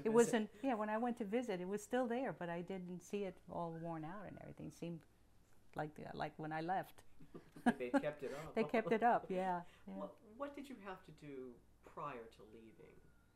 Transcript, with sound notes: It wasn't, yeah, when I went to visit it was still there, but I didn't see it all worn out and everything. It seemed like, like when I left. (she laughs)
They kept it up.
They kept it up, yeah.
What did you have to do prior to leaving?